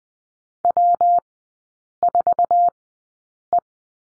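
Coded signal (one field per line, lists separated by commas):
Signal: Morse code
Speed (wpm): 20 wpm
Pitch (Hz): 700 Hz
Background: none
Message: W4E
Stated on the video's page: Morse course lesson drill on the number 3, sent at Farnsworth speed 20/10 wpm.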